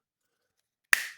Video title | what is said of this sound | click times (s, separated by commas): Knife making update, august 26 | That just clips over and snaps | 0.9 s